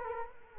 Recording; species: mosquito wingbeat signal from an infrared sensor; Culex quinquefasciatus